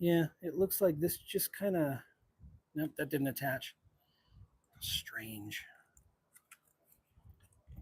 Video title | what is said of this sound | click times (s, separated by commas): Unboxing the Cantina Sarlacc Digest: A Star Wars Community is live! | Apply a little bit more pressure. Get that locked into place. There we go. | 6.5 s